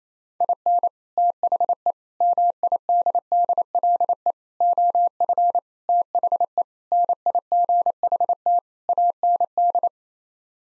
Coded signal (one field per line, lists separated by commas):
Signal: Morse code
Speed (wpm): 28 wpm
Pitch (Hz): 700 Hz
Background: none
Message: IN THE MIDDLE OF THE NIGHT AND